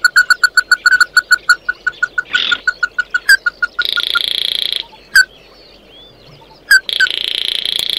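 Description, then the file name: Bird calls: a fast run of short, evenly spaced clucking notes, then long buzzy hissing bursts broken by single sharp chips. "Tieng chim mat do"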